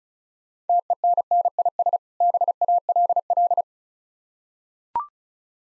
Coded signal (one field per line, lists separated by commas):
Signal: Morse code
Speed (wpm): 36 wpm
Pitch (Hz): 700 Hz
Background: none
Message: TENNIS BALL